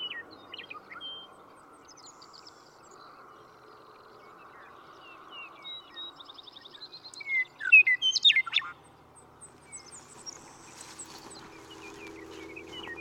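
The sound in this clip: Western meadowlark song: a single short burst of bright, tumbling whistled notes near the eighth second, over a low hum and scattered soft chirps and trills.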